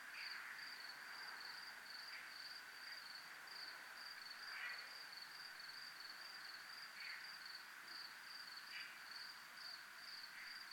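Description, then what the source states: Cricket calls: a high, even run of short chirps continuing without pause, with faint scattered lower rasps now and then. Crickets recorded at a place called zona militar.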